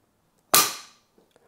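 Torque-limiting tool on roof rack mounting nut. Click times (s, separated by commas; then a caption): 0.5 s. A nut on the roof-port threaded rod of a Thule Caprock roof rack on a Rivian is tightened with the supplied torque-limiting tool, which has a built-in click at the correct torque. A single loud, sharp click comes at 0.5 s and rings down over about half a second, followed by a few faint small ticks. The tool has clicked at its torque setting.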